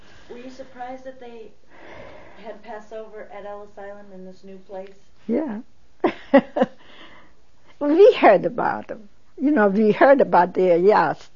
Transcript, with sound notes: Were you surprised that they had Passover at Ellis Island in this new place?
Yeah. (She laughs.) We heard about it, you know, we heard about HIAS.